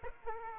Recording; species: mosquito wingbeat signal from an infrared sensor; Aedes aegypti